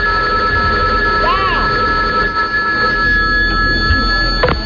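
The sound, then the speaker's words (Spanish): A telephone rings with a steady, high electronic tone over a constant noisy background, and a brief warbling sweep breaks in early on. “Muy buenas tardes, he llamado usted al teléfono de atención al cliente del refranero popular español,”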